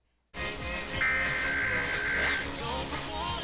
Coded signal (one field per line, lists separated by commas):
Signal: Emergency Alert System (SAME) tones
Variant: header bursts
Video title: Tests & Storms Episode 16: Perfect Return From The East - 8/2/2023